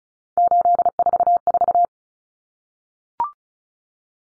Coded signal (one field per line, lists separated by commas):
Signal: Morse code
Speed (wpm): 34 wpm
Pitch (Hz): 700 Hz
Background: none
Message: 844